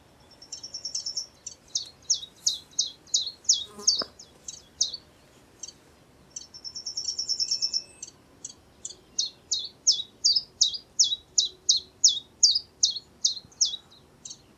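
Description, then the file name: Common chiffchaff song: long runs of high, clipped notes repeated at a steady pace. "zilpzalp"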